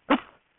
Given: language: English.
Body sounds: throat vibration sensor signal played as sound; cough

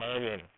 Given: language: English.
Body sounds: throat vibration sensor signal played as sound; speech

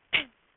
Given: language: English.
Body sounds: throat vibration sensor signal played as sound; cough

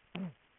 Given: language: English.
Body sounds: throat vibration sensor signal played as sound; throat clearing

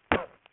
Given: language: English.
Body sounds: throat vibration sensor signal played as sound; cough

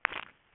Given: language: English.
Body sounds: throat vibration sensor signal played as sound; swallow

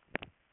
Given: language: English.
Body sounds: throat vibration sensor signal played as sound; swallow

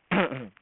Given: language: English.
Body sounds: throat vibration sensor signal played as sound; throat clearing

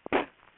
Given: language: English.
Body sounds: throat vibration sensor signal played as sound; cough

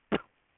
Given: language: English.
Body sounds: throat vibration sensor signal played as sound; cough

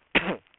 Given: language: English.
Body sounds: throat vibration sensor signal played as sound; cough

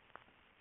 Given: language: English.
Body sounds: throat vibration sensor signal played as sound; throat clearing

